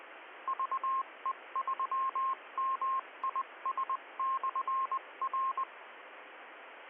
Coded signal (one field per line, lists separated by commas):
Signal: Morse code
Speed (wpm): 20 wpm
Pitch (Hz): 1060 Hz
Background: radio noise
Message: VE3MIS/R